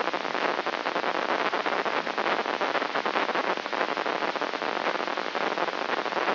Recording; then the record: brain microelectrode recording played as sound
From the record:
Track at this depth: inside the subthalamic nucleus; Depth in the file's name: 5.629 mm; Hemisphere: left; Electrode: 3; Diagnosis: Parkinson's disease